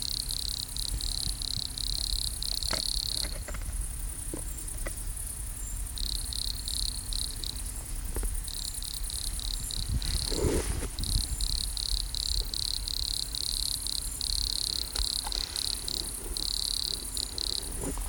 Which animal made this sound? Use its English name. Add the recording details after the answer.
Wood Cricket. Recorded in the wild. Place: Gößweinstein, Fränkische Schweiz, Bayern, DE. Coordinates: 49.72, 11.07. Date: 1995-09-05 15:20. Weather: wechselnd, sonnig, 18°C. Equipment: Nagra SN, Sennheiser ME 80, Kopie Uher 4000 Report Monitor. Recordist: Tembrock, Günter